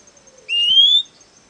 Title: LuckyPassaro Completos2Sama. Fuscous Flycatcher (Cnemotriccus fuscatus)